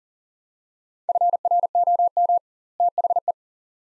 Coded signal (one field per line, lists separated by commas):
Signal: Morse code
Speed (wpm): 40 wpm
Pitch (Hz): 700 Hz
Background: none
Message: FROM THE